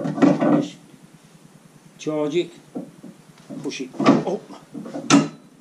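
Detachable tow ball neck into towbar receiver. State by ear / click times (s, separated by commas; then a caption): seated / 5.1 s. Someone talks while a charged detachable tow ball neck is pushed up into its towbar receiver under a Focus 3 and pulled back, with softer handling knocks along the way. At 5.1 s the locking mechanism snaps home with a sharp metallic click, and the tow ball is locked in place.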